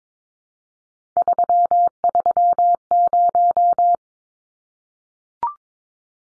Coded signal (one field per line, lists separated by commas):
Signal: Morse code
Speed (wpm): 22 wpm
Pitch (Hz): 700 Hz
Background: none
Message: 330